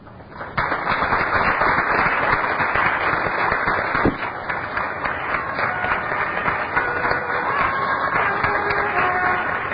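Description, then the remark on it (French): An audience bursts into sustained applause at a conference as Bernard de Montréal enters, a dense, steady roar of many hands clapping that starts abruptly and holds at full loudness for nearly ten seconds with no talking. “Et au moment où il va entrer, je vous demande de vous applaudir vous-même cette fois-ci.”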